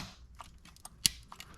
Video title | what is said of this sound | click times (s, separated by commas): How to Replace Oil Pressure Sensor Maserati Ghibli + Reassembly Process - Part 3 | there that snapped | 1.1 s